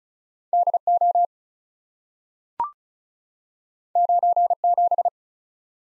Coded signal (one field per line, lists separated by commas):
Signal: Morse code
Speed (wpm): 36 wpm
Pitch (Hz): 700 Hz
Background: none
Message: D O 9 7